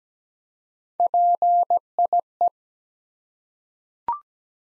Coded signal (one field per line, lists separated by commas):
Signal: Morse code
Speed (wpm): 17 wpm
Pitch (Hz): 700 Hz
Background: none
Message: PIE